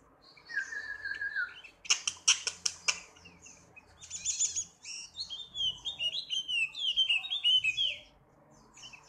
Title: Pleci wallacea